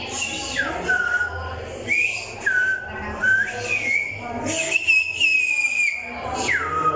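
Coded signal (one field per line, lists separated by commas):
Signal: whistled language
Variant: Silbo Gomero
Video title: Silbar con dedo ajeno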